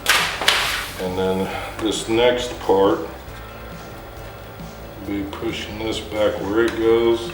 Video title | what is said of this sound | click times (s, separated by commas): Honda Africa Twin, 12 Volt Accessory Outlet, Install Video, CRF1000L | and it just snaps in there nice and easy | 0.5 s